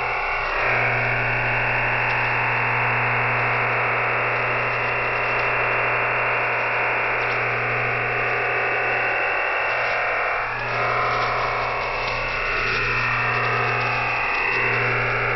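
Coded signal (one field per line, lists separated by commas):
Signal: digital SSTV (DRM)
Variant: EasyDRF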